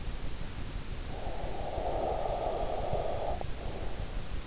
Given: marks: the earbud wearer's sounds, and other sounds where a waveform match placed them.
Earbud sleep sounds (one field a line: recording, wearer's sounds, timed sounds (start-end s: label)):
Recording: sounds in sleep by an in-ear microphone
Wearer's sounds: breath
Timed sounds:
0.93-4.29 s: breath